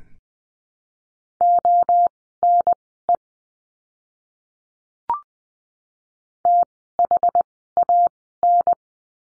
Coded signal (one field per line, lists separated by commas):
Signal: Morse code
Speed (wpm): 20 wpm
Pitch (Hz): 700 Hz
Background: none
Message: ONE THAN